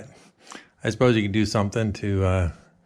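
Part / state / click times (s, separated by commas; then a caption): rotary latch on a boat engine cover / not seated / none. A non-spring-loaded rotary latch on a boat's engine cover, tight-tolerance and stiff to turn, is handled while someone talks, with a brief faint knock near 0.5 s. Nothing has seated or locked into place yet.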